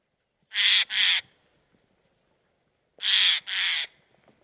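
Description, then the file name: Eurasian jay harsh screeching calls, two rasping double bursts about two and a half seconds apart, each note broad and grating; quiet background otherwise. "Garrulus glandarius"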